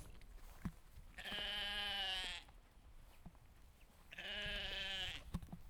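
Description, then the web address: Sheep bleating: two long, nasal bleats about three seconds apart, each about a second long, with soft clicks and rustles between them. Recorded outdoors. "Animal Moutons - Plein Air"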